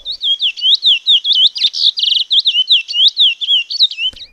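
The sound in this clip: Chestnut-bellied Seed-Finch song: a fast stream of clear, high whistled notes slurred up and down, with a brief buzzy trill, running for over four seconds.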